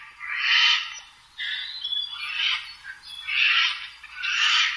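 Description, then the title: Eurasian jay giving harsh, rasping screeches, five broad noisy calls spaced roughly one second apart, with quiet background. "朝の小鳥. カケスの雲溜め"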